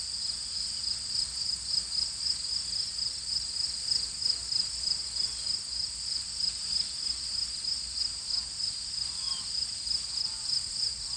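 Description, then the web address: Cricket song: a shrill, even chirping repeated quickly and steadily, with a few soft higher and lower chirps from other callers behind it. "cricket base"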